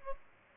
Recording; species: mosquito wingbeat signal from an infrared sensor; Culex pipiens